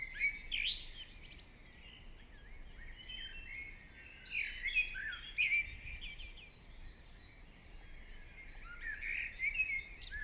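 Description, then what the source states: Birdsong: high chirps and warbled phrases in bursts, with quieter gaps between them and a steady background hiss. Morning birdsong.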